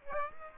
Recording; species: mosquito wingbeat signal from an infrared sensor; Aedes aegypti